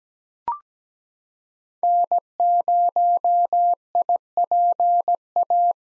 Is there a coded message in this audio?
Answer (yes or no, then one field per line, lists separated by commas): yes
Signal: Morse code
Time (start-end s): 1.8-5.7 s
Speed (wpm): 17 wpm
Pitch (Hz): 700 Hz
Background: none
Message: N0IPA